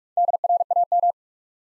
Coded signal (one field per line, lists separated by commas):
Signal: Morse code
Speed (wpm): 44 wpm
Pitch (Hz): 700 Hz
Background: none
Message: DRAM